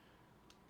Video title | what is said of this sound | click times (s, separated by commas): Unboxing the CRKT Ibi | and then a another click here when you know this is the open position | 0.5 s